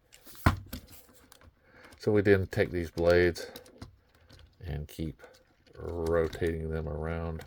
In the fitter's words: there just goes around that P hole and then just snaps into place